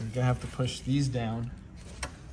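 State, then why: Seated. Someone talks while a locking lever on a Toyota Tacoma camera bracket is pushed down by hand to lock the mount onto an aftermarket TRD Pro grille, replacing the OEM grille. A single sharp tick sounds at 2.0 seconds as the lever clicks down and the mount seats in place.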